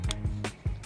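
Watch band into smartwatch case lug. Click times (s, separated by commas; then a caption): 0.1 s. A second band is pushed firmly into the other lug of a Samsung Galaxy Watch Ultra smartwatch case, and a sharp snap at 0.1 s shows it seating in place. Softer taps and bumps follow around 0.5 s and 0.8 s.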